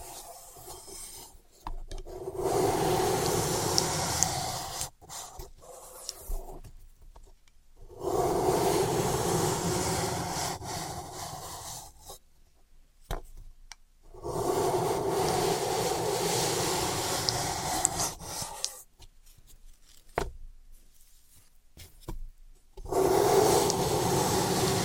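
Floral foam being worked in long rasping, crunchy strokes, each lasting a few seconds, broken by short silent gaps. The scraping and crushing has a gritty, dense texture with a low rumble underneath, with stretches near 3, 8, 15, 20 and 23 seconds.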